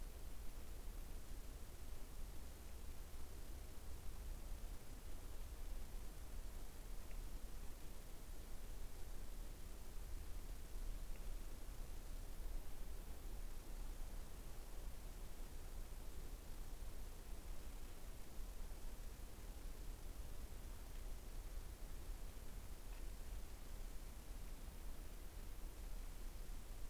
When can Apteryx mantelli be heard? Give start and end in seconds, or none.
none